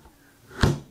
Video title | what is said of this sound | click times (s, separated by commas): Civilian Battle Belt | love this holster I think it's a fantastic holster it clicks in pretty positively you can hear that | 0.6 s